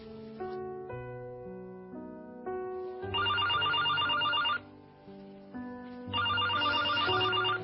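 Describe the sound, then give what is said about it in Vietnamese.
A home telephone rings in two long bursts of rapid, high-pitched trilling, set against a soft melodic tune of steady tones; the pause between rings lasts about a second and a half, and nobody speaks. “Coi chừng có điện thoại thì nghe.”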